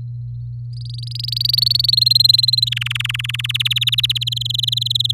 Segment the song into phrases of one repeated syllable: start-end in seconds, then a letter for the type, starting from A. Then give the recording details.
0.73-1.91 A, 1.93-2.69 B, 2.71-3.36 C, 3.39-4.24 D, 4.27-5.12 E. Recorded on 4 May 2018 at 06:25. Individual llb16